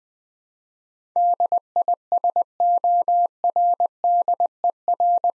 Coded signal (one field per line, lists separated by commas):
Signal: Morse code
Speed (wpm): 21 wpm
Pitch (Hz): 700 Hz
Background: none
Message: DISORDER